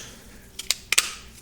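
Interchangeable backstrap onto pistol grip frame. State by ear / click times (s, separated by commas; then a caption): seated / 0.7 s, 0.9 s. A polymer beavertail backstrap is pressed onto the grip frame of a Beretta PX4 Storm Compact pistol in reverse order of removal, chosen because it is preferred for firing at the range. Against a quiet background, a soft tap near 0.6 s is followed by sharp plastic clicks at 0.7 s and 0.9 s, with another bright click right after at 1.0 s. The backstrap snaps into place and is seated.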